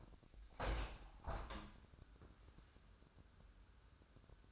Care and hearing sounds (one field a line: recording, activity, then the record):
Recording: daily activity, microphone in the room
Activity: open window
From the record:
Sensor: 2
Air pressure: 997.8 hPa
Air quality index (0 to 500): 152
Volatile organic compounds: 5 ppm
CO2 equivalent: 1712 ppm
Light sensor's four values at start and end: 11/32/13/13 and 11/32/13/12